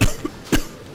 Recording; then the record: coughing mixed with background sound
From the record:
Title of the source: Coughing 51